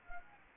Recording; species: mosquito wingbeat signal from an infrared sensor; Anopheles gambiae